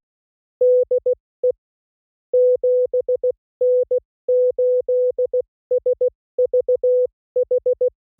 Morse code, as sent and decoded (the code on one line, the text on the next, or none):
-.. . / --... -. ---.. ... ...- ....
DE 7N8SVH